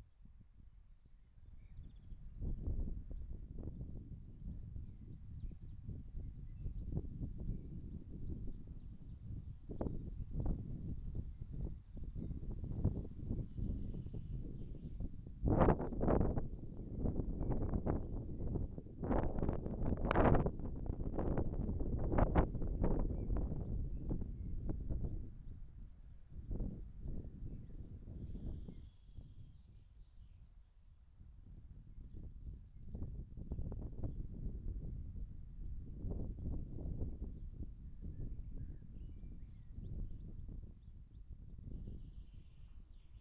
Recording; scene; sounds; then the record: everyday scene through a hearing-aid microphone; wind on the microphone; wind, birds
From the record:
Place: in front of a rural house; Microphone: behind the ear, left, rear